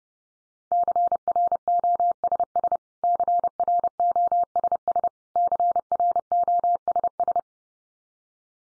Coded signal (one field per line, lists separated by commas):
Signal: Morse code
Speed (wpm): 30 wpm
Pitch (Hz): 700 Hz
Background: none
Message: CROSS CROSS CROSS